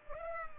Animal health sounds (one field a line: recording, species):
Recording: mosquito wingbeat signal from an infrared sensor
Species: Culex pipiens